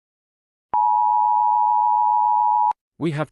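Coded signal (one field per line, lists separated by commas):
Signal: Emergency Alert System (SAME) tones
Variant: 853 and 960 Hz attention tone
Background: speech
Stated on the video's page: Fictional EAS scenario, not a real alert.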